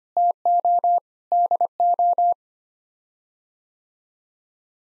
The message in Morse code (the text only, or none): TO DO